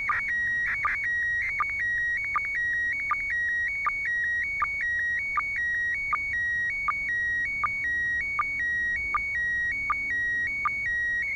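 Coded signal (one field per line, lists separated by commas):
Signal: SSTV (slow-scan television)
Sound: warbling high tone alternating between two pitches, with short low sync chirps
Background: radio static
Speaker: I got a complete image and part of a little one at the beginning just 20 seconds of it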